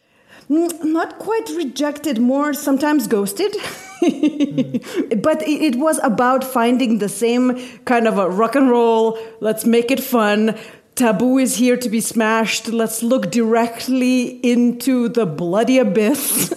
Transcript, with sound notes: Not quite rejected, more sometimes ghosted (laughter). But it was about finding the same kind of rock 'n' roll, let's make it fun. Taboo is here to be smashed. Let's look directly into the bloody abyss.